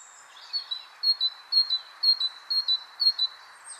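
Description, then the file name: Great tit song of ringing two-note units, high then lower, repeated evenly about twice per second, with a few faint high chirps at the start and end. "Parus major"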